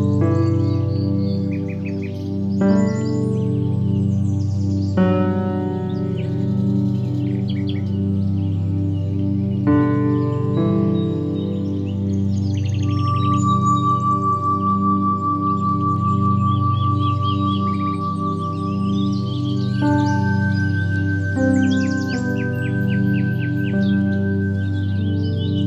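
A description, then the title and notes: Soft piano music plays steadily, with held low notes and new chords struck about every few seconds, near 3, 5, 10, 20 and 22 seconds. Bright bird chirps and tweets flutter above the music throughout, thickest in the second half. Sleep Sounds: Birds and Soft Piano Music.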